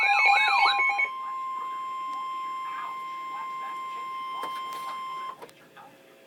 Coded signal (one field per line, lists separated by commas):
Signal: Emergency Alert System (SAME) tones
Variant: 1050 Hz attention tone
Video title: REAL EAS 1370-Tornado Warning